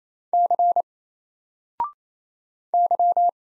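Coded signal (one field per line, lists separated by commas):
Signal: Morse code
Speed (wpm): 27 wpm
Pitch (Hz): 700 Hz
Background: none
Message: C Y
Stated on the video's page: Morse practice at 28 wpm: single random letters and numbers, each sent, spoken, then sent again, for head-copy.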